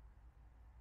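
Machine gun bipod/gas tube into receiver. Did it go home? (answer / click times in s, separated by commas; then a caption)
no / none. The bipod assembly of a Czech DSS PZD556 machine gun, fitted over the gas tube with its spring, is handled and turned toward its locking position in the receiver. Only a steady low rumble with faint broadband noise is heard, with no distinct impacts. Nothing has seated or clicked yet.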